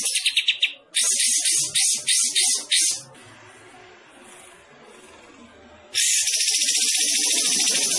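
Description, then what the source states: Bulbul singing in fast, harsh, high chattering bursts with rapid pulses, a quiet gap of about three seconds, then a sustained buzzy trill to the end. Singing actively, described as gacor.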